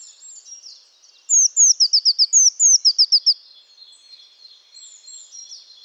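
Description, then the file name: Eurasian blue tit giving one high burst of sliding notes and short descending chips, with soft background twittering. "Cyanistes caeruleus"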